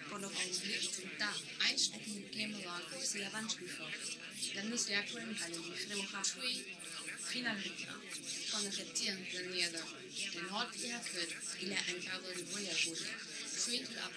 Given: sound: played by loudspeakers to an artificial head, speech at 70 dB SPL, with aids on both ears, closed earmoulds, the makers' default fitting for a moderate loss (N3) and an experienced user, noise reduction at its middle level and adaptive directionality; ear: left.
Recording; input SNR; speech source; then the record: speech test signal (ISTS) in cocktail-party noise; +3 dB; on the right (90 degrees)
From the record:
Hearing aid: class 1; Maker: H